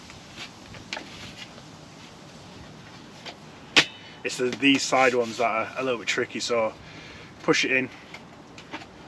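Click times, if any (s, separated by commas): none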